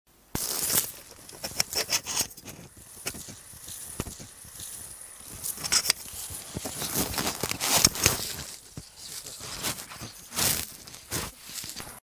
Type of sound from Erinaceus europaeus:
defence call